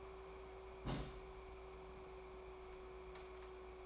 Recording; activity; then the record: daily activity, microphone in the room; place on stove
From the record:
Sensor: 1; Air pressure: 1010.3 hPa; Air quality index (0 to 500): 171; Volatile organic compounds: 12 ppm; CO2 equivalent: 2355 ppm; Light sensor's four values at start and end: 65/163/69/87 and 65/162/69/86